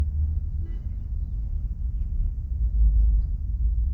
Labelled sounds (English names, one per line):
House Finch song